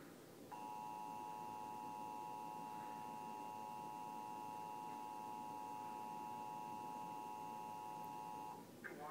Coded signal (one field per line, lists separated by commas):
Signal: Emergency Alert System (SAME) tones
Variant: 853 and 960 Hz attention tone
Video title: First Nationwide test of the EAS system (KCRA, Sacramento)